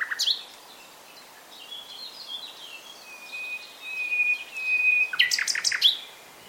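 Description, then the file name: Common nightingale holds a long, pure, steady whistle lasting over a second, then bursts into a fast, harsh run of repeated notes. "Luscinia megarhynchos"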